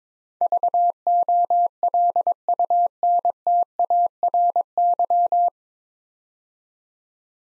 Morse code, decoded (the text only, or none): VOLUNTARY